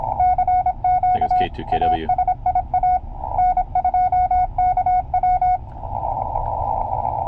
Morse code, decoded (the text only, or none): CQ ASIA N2KW